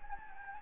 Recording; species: mosquito wingbeat signal from an infrared sensor; Anopheles gambiae